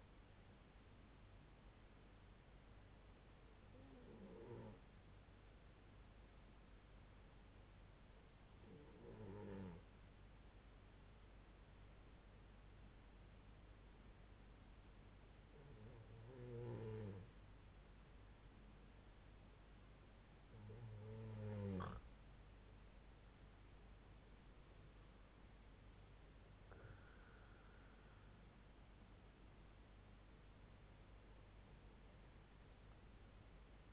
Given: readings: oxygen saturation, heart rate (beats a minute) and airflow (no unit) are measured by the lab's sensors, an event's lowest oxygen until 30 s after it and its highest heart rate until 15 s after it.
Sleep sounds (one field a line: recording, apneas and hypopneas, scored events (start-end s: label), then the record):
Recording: breathing in sleep by a voice recorder at the bedside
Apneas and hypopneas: 1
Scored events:
5.00-21.80 s: hypopnea (N2, oxygen 94% highest, then 91% lowest, heart rate 65 at the start, 72 highest)
From the record:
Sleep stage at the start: N2 (light sleep)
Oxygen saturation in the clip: 92 to 94%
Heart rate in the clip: 62 to 72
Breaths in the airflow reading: 6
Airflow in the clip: -5.8 to 7.2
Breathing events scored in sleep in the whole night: 368 in 8.0 hours asleep